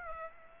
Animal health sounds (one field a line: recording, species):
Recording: mosquito wingbeat signal from an infrared sensor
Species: Aedes aegypti